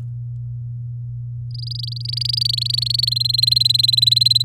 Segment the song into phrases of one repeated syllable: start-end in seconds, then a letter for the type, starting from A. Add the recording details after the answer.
1.51-3.09 A, 3.11-4.43 B. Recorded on 8 May 2018 at 07:37. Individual llb16